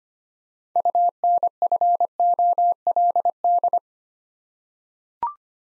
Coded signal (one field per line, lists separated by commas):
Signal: Morse code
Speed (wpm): 25 wpm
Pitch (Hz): 700 Hz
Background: none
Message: UNFOLD